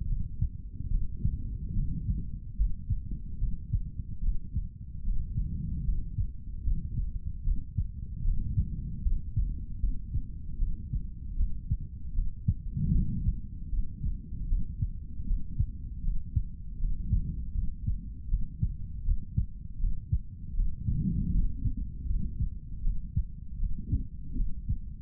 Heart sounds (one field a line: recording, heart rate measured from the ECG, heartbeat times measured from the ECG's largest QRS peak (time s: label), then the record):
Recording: heart sounds by stethoscope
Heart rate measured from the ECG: 77 bpm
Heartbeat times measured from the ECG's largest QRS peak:
0.07 s: heartbeat
0.90 s: heartbeat
1.74 s: heartbeat
2.57 s: heartbeat
3.39 s: heartbeat
4.21 s: heartbeat
5.03 s: heartbeat
5.85 s: heartbeat
6.64 s: heartbeat
7.44 s: heartbeat
8.23 s: heartbeat
9.03 s: heartbeat
9.80 s: heartbeat
10.58 s: heartbeat
11.36 s: heartbeat
12.14 s: heartbeat
12.92 s: heartbeat
13.70 s: heartbeat
14.48 s: heartbeat
15.26 s: heartbeat
16.03 s: heartbeat
16.79 s: heartbeat
17.54 s: heartbeat
18.29 s: heartbeat
19.03 s: heartbeat
19.79 s: heartbeat
20.54 s: heartbeat
21.31 s: heartbeat
22.06 s: heartbeat
22.82 s: heartbeat
23.58 s: heartbeat
24.35 s: heartbeat
From the record:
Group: healthy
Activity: cold pressor test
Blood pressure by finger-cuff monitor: 106/74 mmHg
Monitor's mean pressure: 83 mmHg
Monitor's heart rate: 77 bpm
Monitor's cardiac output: 3.6 L/min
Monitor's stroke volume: 47 mL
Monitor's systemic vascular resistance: 1680 dyn s/cm5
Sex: male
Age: 55 years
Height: 167 cm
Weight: 57.2 kg